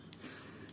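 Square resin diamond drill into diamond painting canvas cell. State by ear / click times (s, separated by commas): seated / 0.1 s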